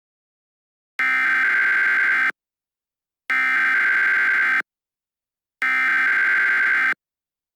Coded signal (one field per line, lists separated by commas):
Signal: Emergency Alert System (SAME) tones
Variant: header bursts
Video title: Tornado Watch #710 11/18/24 (EAS Mock)